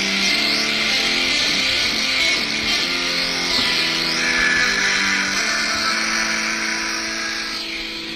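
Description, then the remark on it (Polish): A loud, distorted electric guitar sound from a music-making app, played with two fingers, runs through sustained notes that step up and down in pitch, with a bright, buzzy tone throughout and no voices. “A tak brzmi gitara elektryczna.”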